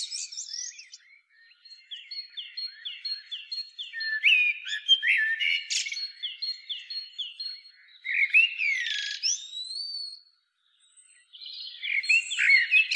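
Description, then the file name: Eurasian blackbird: a series of quick repeated notes, then fluty phrases with squeaky high flourishes, a brief quiet gap and a last burst. "Turdus merula"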